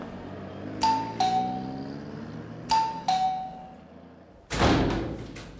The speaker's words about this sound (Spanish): El tipo para en una casa de buen nivel y toca el timbre.